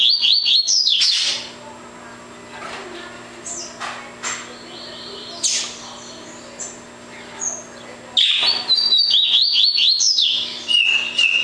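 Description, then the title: Double-collared seedeater: brisk high chirped phrases at the start and end, short single notes in between, steady low hum throughout. "Canto Coleiro"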